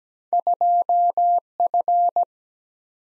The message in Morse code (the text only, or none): 2 F